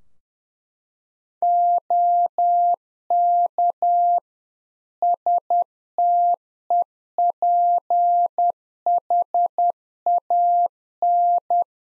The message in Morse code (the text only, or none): OK STEPHAN